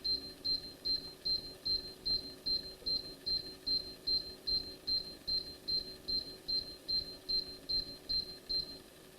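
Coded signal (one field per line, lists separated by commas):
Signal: beep code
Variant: AIM USB altimeter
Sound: steady high-pitched short beeps repeating about twice a second, roughly 18 beeps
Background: low room hum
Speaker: Now it's waiting for launch.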